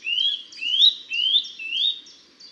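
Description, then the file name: Eurasian nuthatch: four loud rising whistled notes, each about half a second apart, sweeping upward with a bright clear tone. "Sitta europaea"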